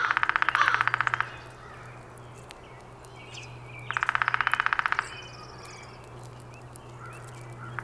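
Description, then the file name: Downy woodpecker drumming: two quick, steady rolls a few seconds apart over a constant low hum, with faint bird notes in the quiet spells. Recorded on 19 April 2019. "2019-04-19 Downy Woodpecker"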